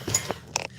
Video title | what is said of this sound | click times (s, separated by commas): building my new computer with all your help | just snap right in I know | 0.6 s